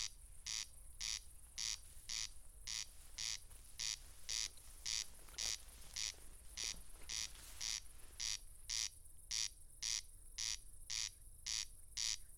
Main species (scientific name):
Crex crex